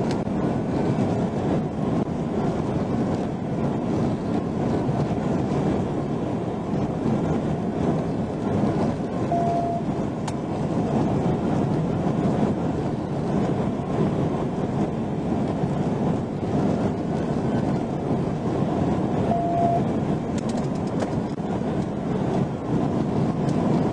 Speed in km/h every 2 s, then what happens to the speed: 206, 208, 208, 208, 208, 208, 209, 209, 209, 209, 208, 209.
0-24 steady at about 208.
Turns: none.